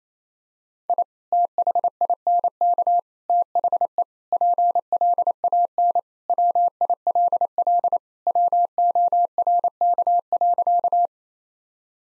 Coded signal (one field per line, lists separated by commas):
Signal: Morse code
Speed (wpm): 28 wpm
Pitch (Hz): 700 Hz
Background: none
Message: I THINK THE PLAN WILL WORK.